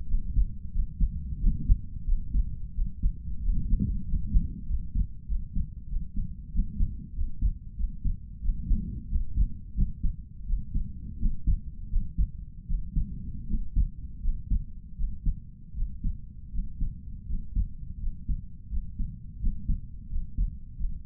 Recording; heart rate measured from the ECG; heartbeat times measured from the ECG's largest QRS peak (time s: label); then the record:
heart sounds by stethoscope; 87 bpm
0.06 s: heartbeat
0.71 s: heartbeat
1.39 s: heartbeat
2.04 s: heartbeat
2.73 s: heartbeat
3.41 s: heartbeat
4.05 s: heartbeat
4.66 s: heartbeat
5.26 s: heartbeat
5.87 s: heartbeat
6.51 s: heartbeat
7.13 s: heartbeat
7.75 s: heartbeat
8.41 s: heartbeat
9.07 s: heartbeat
9.74 s: heartbeat
10.45 s: heartbeat
11.17 s: heartbeat
11.88 s: heartbeat
12.66 s: heartbeat
13.46 s: heartbeat
14.20 s: heartbeat
14.95 s: heartbeat
15.73 s: heartbeat
16.50 s: heartbeat
17.25 s: heartbeat
17.98 s: heartbeat
18.68 s: heartbeat
19.38 s: heartbeat
20.07 s: heartbeat
20.76 s: heartbeat
From the record:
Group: healthy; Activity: rest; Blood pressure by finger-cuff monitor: 105/67 mmHg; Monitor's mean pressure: 76 mmHg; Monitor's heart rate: 89 bpm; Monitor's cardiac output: 6.5 L/min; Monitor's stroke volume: 70 mL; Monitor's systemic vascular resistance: 860 dyn s/cm5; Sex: male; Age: 22 years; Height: 181 cm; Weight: 60 kg